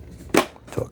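A plastic filter cover slides back into the body of a Shark PowerDetect Transformer upright vacuum and clicks into place at 0.4 s with a sharp, bright snap. A softer, lower knock follows near 0.8 s, and the filter housing ends up seated.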